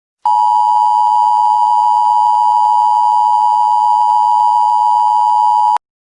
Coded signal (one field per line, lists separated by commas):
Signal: Emergency Alert System (SAME) tones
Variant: 853 and 960 Hz attention tone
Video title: To ScaryStar Studios Animation/ a clip of EAS Scenario 2319